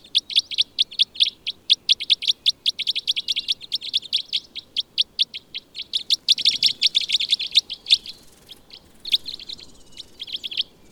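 Bird song: a rapid series of high, sharp chirps, several per second, thickening into a dense burst midway, with a brief pause near the end.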